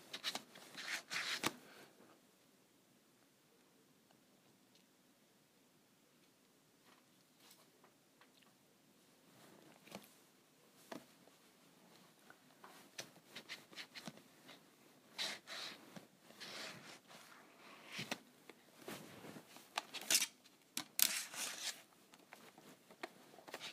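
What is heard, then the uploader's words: A calculator is scratched. Short bursts of bright, rasping scrapes come at the start, then after a near-silent stretch from about 2 to 9 seconds the scratching returns more often and irregularly, busiest from 15 seconds on. ASMR Scratching my Calculator.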